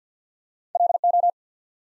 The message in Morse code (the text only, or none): LO